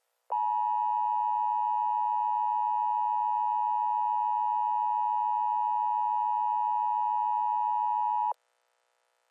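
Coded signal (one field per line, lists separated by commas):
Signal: Emergency Alert System (SAME) tones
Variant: 853 and 960 Hz attention tone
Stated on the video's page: Fictional short EAS scenario, simulated rather than a real alert.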